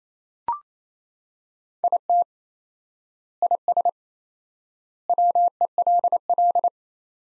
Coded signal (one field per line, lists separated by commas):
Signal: Morse code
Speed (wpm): 28 wpm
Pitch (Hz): 700 Hz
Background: none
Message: IT IS WELL